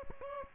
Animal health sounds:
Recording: mosquito wingbeat signal from an infrared sensor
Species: Aedes aegypti

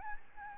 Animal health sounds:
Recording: mosquito wingbeat signal from an infrared sensor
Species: Aedes albopictus

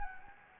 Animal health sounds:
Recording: mosquito wingbeat signal from an infrared sensor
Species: Anopheles gambiae

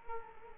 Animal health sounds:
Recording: mosquito wingbeat signal from an infrared sensor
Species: Culex quinquefasciatus

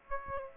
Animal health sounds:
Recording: mosquito wingbeat signal from an infrared sensor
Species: Aedes aegypti

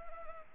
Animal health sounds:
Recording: mosquito wingbeat signal from an infrared sensor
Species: Anopheles arabiensis

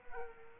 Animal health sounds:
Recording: mosquito wingbeat signal from an infrared sensor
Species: Aedes aegypti

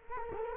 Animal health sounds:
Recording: mosquito wingbeat signal from an infrared sensor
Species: Culex quinquefasciatus

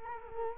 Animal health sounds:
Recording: mosquito wingbeat signal from an infrared sensor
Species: Culex quinquefasciatus

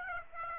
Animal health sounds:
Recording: mosquito wingbeat signal from an infrared sensor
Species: Aedes aegypti

